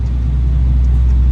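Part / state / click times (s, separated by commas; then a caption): wire connector onto flame sensor terminal / not seated / none. A wire connector is handled near the terminal of a warm flame-sensor assembly, with only a steady low rumble and hum heard and no sharp sounds. Nothing has seated or clicked yet.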